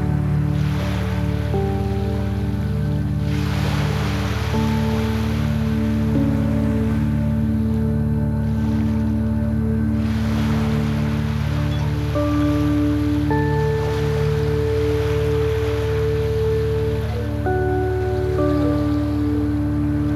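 Soft chimes ring in slow, overlapping tones above a steady low hum, the notes shifting every second or two. Gentle waves wash in and out underneath, swelling in soft surges around four, ten and fifteen seconds before receding into a constant hiss.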